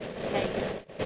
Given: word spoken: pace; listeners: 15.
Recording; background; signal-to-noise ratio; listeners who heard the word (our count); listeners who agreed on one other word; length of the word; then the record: one English word in noise, from a listening test; noise modulated by three-talker babble; -6.9 dB; 0 of 15; 10 of 15; 0.65 s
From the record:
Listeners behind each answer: 10, 2, 1, 1, 1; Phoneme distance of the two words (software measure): 10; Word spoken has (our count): 1 syllable, 3 phonemes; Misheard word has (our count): 1 syllable, 3 phonemes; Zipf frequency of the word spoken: 4.60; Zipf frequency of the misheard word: 5.43